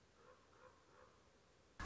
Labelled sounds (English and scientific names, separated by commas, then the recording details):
Common Raven (Corvus corax)
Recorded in Sonoma County, California